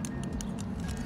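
A film back is handled against a medium-format camera body before being clipped on. Over a steady low hum, short bright ticks sound at about 0.0, 0.2, 0.4, 0.6 and 0.9 seconds, with the sharpest at 0.0 and 0.4 seconds. Nothing has seated or clicked into place yet.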